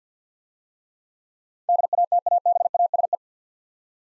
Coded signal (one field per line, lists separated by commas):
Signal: Morse code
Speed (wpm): 46 wpm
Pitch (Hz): 700 Hz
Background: none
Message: DATABASE